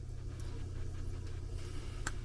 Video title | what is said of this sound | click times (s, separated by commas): Bambu Lab Wireless mouse kit Build, how good is this mouse | there we go you can hear the click when it's in there's two little on those there's like two little Spurs | 2.1 s